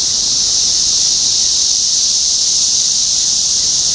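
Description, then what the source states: Cicadas in a dense, steady droning chorus, a continuous high hiss with no breaks or changes in loudness. Cicadas in Topeka, Kansas, USA, on 14 June 2015.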